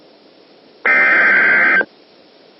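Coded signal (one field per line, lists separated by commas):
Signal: Emergency Alert System (SAME) tones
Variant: header bursts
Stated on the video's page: Scenario compiled from real recordings of Texas fire warning EAS messages.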